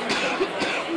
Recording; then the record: coughing mixed with background sound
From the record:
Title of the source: 64 coughing, allergies, singing lungs